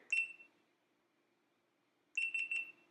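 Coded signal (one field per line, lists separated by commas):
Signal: beep code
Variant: GoPro Hero8 camera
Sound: one high electronic beep, a pause of about 1.7 seconds, then three quick beeps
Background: faint low hum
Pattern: 1 beep, 3 short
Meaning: Stop recording command registered; video recording stopped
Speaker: when you stop recording a video it will be followed by one beep and then three quick beeps in succession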